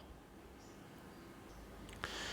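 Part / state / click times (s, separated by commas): blade assembly in a mixer chef jar holder / released / 2.0 s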